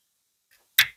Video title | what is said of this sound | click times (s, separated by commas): The BRUTAL Truth About North Carolina Pollen Season and New Fuel Tanks | There it is. You heard it snap in. | 0.8 s